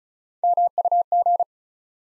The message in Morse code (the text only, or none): MUG